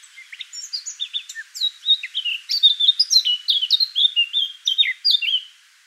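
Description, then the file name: Eurasian blackcap gives a rich, fast warbling phrase of mixed scratchy and whistled notes lasting about five seconds before falling silent. "Sylvia atricapilla"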